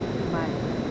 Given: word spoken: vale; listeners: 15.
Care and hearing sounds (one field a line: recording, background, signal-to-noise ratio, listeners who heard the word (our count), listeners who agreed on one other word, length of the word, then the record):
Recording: one Spanish word in noise, from a listening test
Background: speech-shaped noise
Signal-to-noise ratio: -5.2 dB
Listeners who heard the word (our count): 1 of 15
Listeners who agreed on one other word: 8 of 15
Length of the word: 0.51 s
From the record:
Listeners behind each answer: 8, 4, 1, 1, 1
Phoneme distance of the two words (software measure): 17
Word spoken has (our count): 2 syllables, 4 phonemes, stress on syllable 1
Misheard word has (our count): 1 syllable, 3 phonemes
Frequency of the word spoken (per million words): 51.36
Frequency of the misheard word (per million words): 235.73